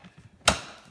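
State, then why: Seated. A pull-out plastic drawer of a Craftsman VERSASTACK stackable tool-storage box is pushed closed into its section. It latches with a single sharp click at 0.5 s, so the drawer won't slide out. The click is followed by a short decaying ring over quiet low rumble.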